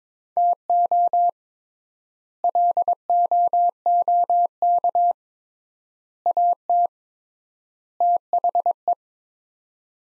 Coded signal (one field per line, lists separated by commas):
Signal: Morse code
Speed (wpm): 22 wpm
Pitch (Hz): 700 Hz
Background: none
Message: TO LOOK AT THE